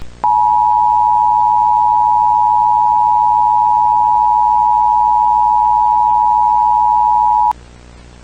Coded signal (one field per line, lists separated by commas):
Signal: Emergency Alert System (SAME) tones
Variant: 853 and 960 Hz attention tone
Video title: EAS Scenario: The Entity That Feeds On Uranium!?